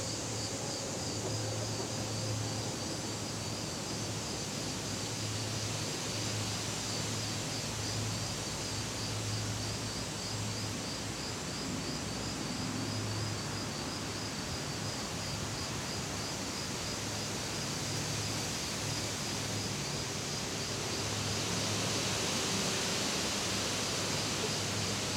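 Outdoors at dusk, a steady dense hiss blankets the scene, with a faint low hum pulsing underneath and a thin high insect-like trill throughout.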